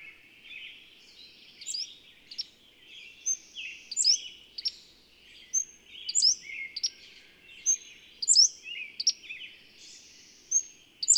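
Bird song: high, thin chirps and short whistled phrases with sharp downslurred notes, given in irregular bursts over a faint steady background hiss.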